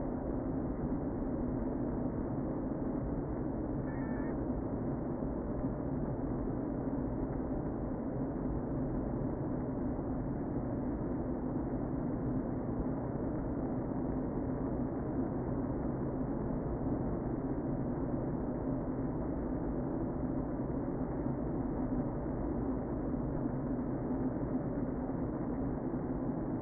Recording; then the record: honeybee colony, microphone inside the hive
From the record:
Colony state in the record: queen present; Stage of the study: before two queens were removed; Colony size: about 60,000 bees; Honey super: yes